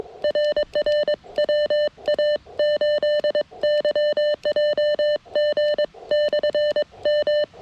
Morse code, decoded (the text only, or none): RR WA8YJG/M